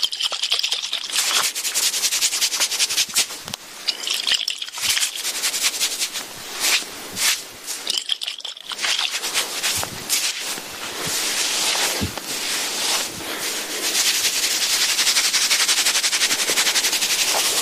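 Soft massage sounds, the rustling and rubbing of massage instruments, run almost without pause. Dense, bright scratching and brushing strokes come in quick, uneven bursts, with brief quieter dips around 4, 7 and 8 seconds before a steadier stretch to the end.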